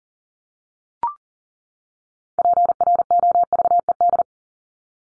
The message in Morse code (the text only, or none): PROVED